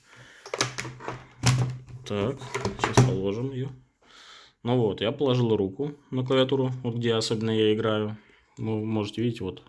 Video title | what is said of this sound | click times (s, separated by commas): Обзор игровой клавиатуры CORSAIR Gaming K95 RGB с механическими переключателями — CHERRY MX Red (RU) | Когда услышите щелчок, так чик-чик, значит она захлопнулась и держится нормально. | 0.6 s, 1.5 s